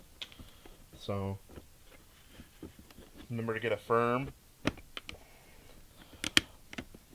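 A replacement side mirror assembly, angled upward, is handled against its car door mount, where it is to be pressed on by hand until its clips snap in. Someone talks while short, sharp handling taps and knocks sound, the loudest near 0.2, 4.7 and 6.4 seconds. Nothing has seated or clicked into place yet.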